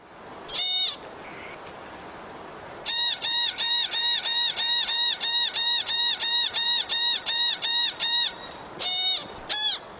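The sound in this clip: Pika calls: a rapid series of short harmonic squeaks, with one call before it and two after.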